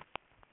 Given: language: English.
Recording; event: throat vibration sensor signal played as sound; swallow